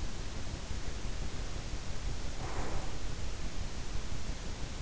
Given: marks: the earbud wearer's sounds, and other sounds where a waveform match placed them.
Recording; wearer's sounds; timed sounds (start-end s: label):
sounds in sleep by an in-ear microphone; breath
0.63-3.10 s: breath